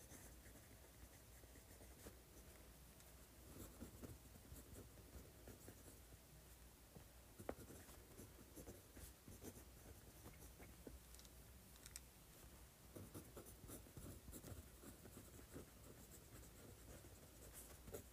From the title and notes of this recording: ASMR Writing Quickly with Pen.